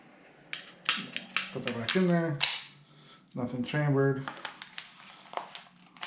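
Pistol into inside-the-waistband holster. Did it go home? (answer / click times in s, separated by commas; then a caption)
no / none. A Kel-Tec PF-9 pistol, checked to have nothing chambered, is handled and brought toward an inside-the-waistband holster while someone talks. Sharp metallic handling clicks and taps come through between the words. Nothing has seated or clicked into the holster yet when the clip ends.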